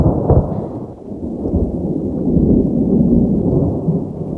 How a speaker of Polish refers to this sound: Nawet kolejna błyskawica i grzmot nie odrywają jej od motania.